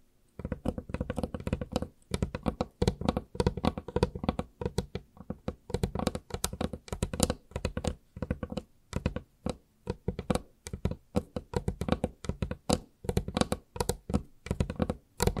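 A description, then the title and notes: Fast, dense fingertip tapping, sharp clicks in quick irregular bursts with brief pauses, continuing throughout. ASMR Irresistible Tapping For 1 Hour （No Talking）.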